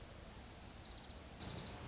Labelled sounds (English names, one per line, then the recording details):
Orange-crowned Warbler
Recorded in Sonoma County, California